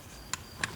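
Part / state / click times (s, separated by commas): safe lock bolt in lock case / released / 0.3 s, 0.6 s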